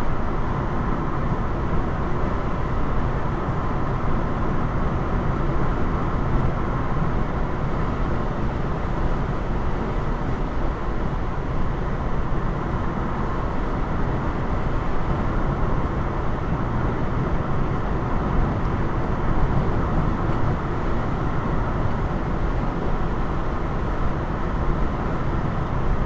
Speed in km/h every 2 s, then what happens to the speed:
105, 105, 105, 105, 105, 105, 105, 103, 103, 103, 103, 103, 103.
0-26 steady at about 105.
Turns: none.